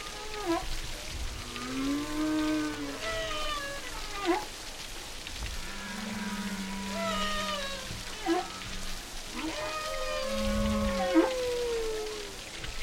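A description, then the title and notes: Whale song fills the recording: long, gliding moans rise and fall in overlapping phrases, some low and drawn out, others higher and wavering. Brief knocks or clicks punctuate it around 4, 8 and 11 seconds, over a steady hiss of underwater noise. Whale Songs.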